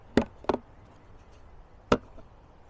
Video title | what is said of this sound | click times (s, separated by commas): DeWalt Electric Battery Backpack Sprayer Modification Review | right there is the clips for it. Snap right into place. Just like that. Simple. | 0.2 s, 0.5 s, 1.9 s